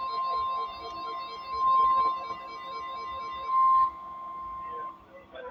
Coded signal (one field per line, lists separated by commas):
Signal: Emergency Alert System (SAME) tones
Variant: 1050 Hz attention tone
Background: speech, music